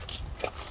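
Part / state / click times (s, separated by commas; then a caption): isolator key into motor mover isolator switch / not seated / none. A red isolator key for the motor mover on a 2013 Sterling Eccles Jade is handled at the motor mover isolator switch, ready to be pushed in and rotated to the on position. Over a steady low rumble, two brief sharp ticks sound at about 0.4 s and 0.7 s. Nothing has seated or clicked yet.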